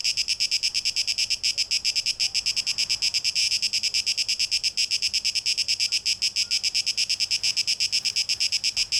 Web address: rauschpartikel Audio 2023-08-12 Zikaden (Tape Echo Mix)